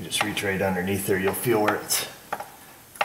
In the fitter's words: there we go yep pops right in